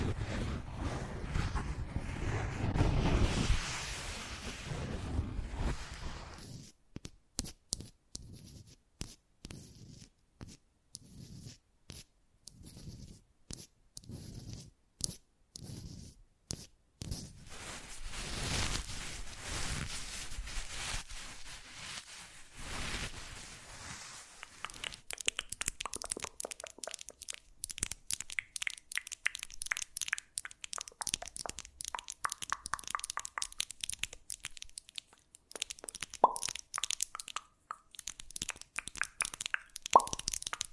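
ASMR triggers that change quickly and unpredictably. The first seconds bring a dense, rumbling crinkle, then sharp taps, scratches and tearing-like clicks come in bursts, some rapid and crisp, others spaced out, with quiet pauses between. The last stretch is busy with bright, fast ticking sounds.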